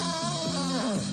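A steady, low buzzing snore from an adult sleeper, about one second long, with a gently wavering pitch and no pauses, gasps or choking sounds. This is ordinary snoring, not much of a problem, most likely just from being tired.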